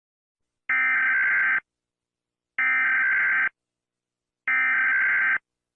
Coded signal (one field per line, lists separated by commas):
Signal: Emergency Alert System (SAME) tones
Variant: header bursts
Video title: rating EAS alarms part 1/10